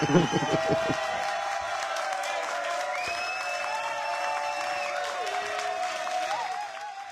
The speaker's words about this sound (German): Ja, dann spiel ich mal verlogenerweise Beifall ein.